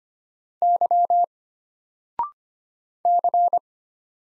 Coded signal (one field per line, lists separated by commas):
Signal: Morse code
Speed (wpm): 25 wpm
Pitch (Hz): 700 Hz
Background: none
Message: Y C